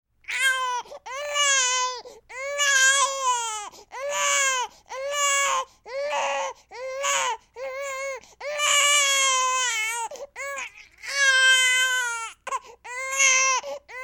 Baby crying.